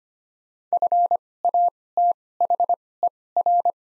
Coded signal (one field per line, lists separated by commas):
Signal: Morse code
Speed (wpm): 25 wpm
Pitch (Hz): 700 Hz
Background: none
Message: FATHER